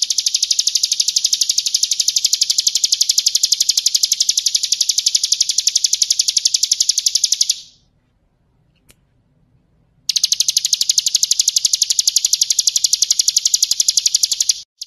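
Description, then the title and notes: Bar-winged Prinia song: an extended fast, high-pitched rattling trill for over seven seconds, a brief silence, then another long trill that ends abruptly. Continuous trilling song style called ngebren, recorded for use as a training recording for magpie-robins. "Ciblek Ngebren Untuk Masteran Murai Batu. Suara Nada"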